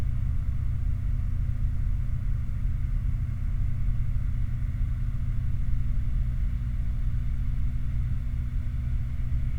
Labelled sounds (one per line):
machinery
flare stack